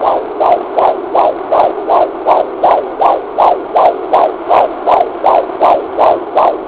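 An unborn baby's heartbeat, picked up by a Doppler monitor at a women's center.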